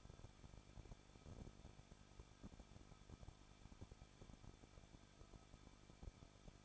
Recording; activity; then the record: daily activity, microphone in the room; no activity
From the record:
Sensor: 5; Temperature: 20.7 degrees Celsius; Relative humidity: 38.6%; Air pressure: 1006.4 hPa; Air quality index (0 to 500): 192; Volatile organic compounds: 21 ppm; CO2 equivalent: 2715 ppm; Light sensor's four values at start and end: 2/3/1/1 and 2/3/1/1